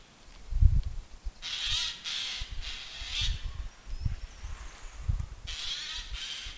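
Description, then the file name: Eurasian jay calling with several hoarse, grating screeches in a loose series, over low rumbling wind or handling noise. "Garrulus glandarius"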